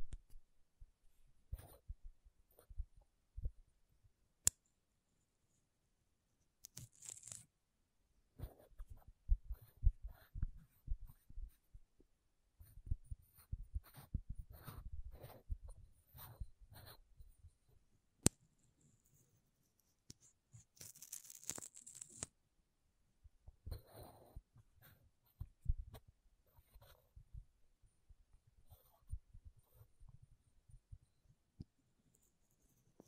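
Makeup containers are tapped and scratched in irregular bursts of soft, dull thuds and light scraping, with brief silent gaps between. A sharp click sounds near 4 and 18 seconds, and bright hissy scratching flares around 7 and 21 seconds.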